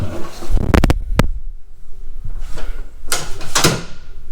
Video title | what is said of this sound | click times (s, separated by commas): Black Friday Deals Milwaukee Packout | and it does lock into place | 3.6 s